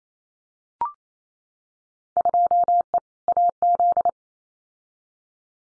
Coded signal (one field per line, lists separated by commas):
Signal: Morse code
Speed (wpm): 28 wpm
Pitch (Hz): 700 Hz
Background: none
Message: 2E AZ